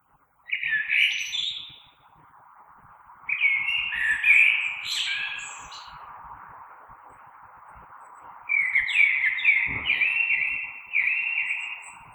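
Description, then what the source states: Common blackbird song: four rich whistled phrases spaced irregularly, several with high squeaky twitters, with a steady background hum and one brief low thump. Recorded on 3 March 2020.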